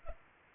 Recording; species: mosquito wingbeat signal from an infrared sensor; Culex pipiens